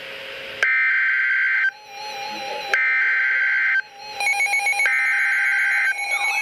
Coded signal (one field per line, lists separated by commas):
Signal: Emergency Alert System (SAME) tones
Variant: header bursts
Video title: Severe Thunderstorm Warning #9 - 07/13/15 (EAS #923)